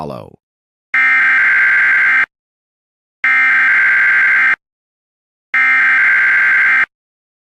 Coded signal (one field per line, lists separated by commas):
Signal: Emergency Alert System (SAME) tones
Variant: header bursts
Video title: EAS spectrum ￼